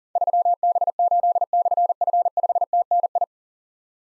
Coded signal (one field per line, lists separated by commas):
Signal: Morse code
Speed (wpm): 40 wpm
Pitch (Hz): 700 Hz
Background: none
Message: 3B8/F5TNI